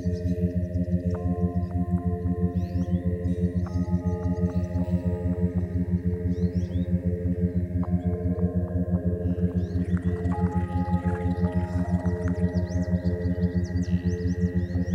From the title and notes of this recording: The track uses a personal favorite field recording "Frogsong at Miner's Marsh" with the operatic crooning of green frogs recorded in the Annapolis Valley, Nova Scotia.